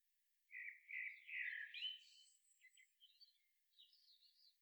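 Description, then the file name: European robin song phrase, opening with a few high warbled notes, then a faster tumbling jumble of thin, twittering notes that fade out. "Erithacus rubecula"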